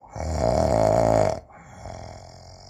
Male snore.